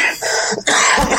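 Two harsh, noisy bursts from an adult, a short one then a longer one: an ordinary cough with a hoarse edge, from someone at the tail end of an illness, a cough that keeps coming back intermittently.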